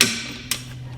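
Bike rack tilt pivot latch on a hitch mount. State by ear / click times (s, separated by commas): not seated / none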